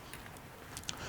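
A spear shaft is rocked back and forth in a speargun trigger mechanism to check that it is engaged, with one hand on the barrel and the other on the spear. Clicks are heard at 0.8, 0.8 and 0.9 seconds, the last one the sharpest. The shaft stays firmly engaged and does not pop out.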